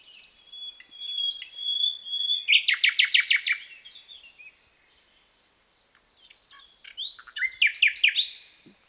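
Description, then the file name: Common nightingale song with a sustained whistle, then a loud rapid rattle of repeated notes, a quiet gap, and another fast burst of chirps near the end. "Luscinia megarhynchos"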